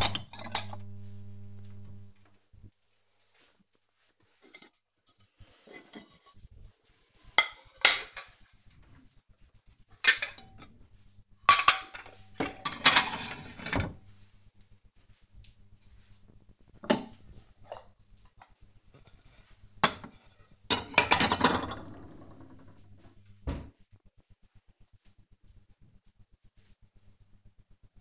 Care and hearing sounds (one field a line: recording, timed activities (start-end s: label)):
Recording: household activities, microphone on the right wrist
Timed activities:
0.00-23.09 s: putting away the dishes